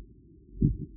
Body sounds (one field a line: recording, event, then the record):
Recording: neck accelerometer signal played as sound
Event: no cough (speech, laughter, throat clearing or background)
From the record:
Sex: male